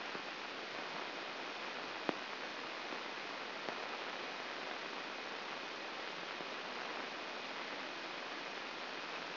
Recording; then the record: brain microelectrode recording played as sound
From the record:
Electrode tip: inside the subthalamic nucleus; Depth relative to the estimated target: 1 mm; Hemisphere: left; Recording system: AlphaMap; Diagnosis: Parkinson's disease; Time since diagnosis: 9 years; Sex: male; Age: 53 years